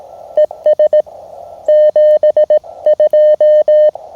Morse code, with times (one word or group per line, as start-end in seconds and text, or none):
0.4-1.0 ES
1.7-3.9 72